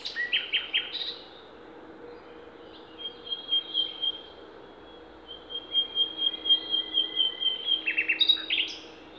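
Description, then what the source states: Songbirds singing: an opening burst of rapid high notes, a long thin whistle in the middle, and a fast chattering run of notes toward the close. Songbirds singing in Demerje forest (demerska šuma), recorded 28 April 2020.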